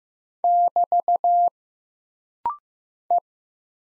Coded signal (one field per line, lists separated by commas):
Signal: Morse code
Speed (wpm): 15 wpm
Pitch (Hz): 700 Hz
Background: none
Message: <BT> E